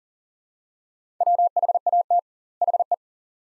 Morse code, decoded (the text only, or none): WHAT HE